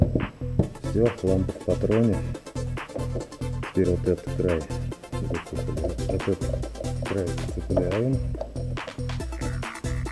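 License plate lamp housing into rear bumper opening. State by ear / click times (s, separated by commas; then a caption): not seated / none. Someone handles the plastic license plate lamp housing with its bulb socket on a SsangYong Kyron, hooking one edge into the rear bumper opening while music plays and someone talks. Nothing has seated or clicked yet; the housing is not yet snapped home.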